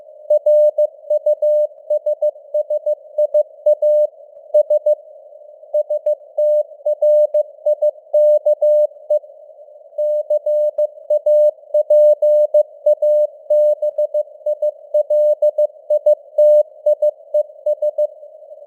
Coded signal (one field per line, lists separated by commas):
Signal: Morse code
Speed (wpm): 15 wpm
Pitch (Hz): 600 Hz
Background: none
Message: RUSSIA S STRIKE CAPABILITIES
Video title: Morse Code News | 2025-12-04 | 15wpm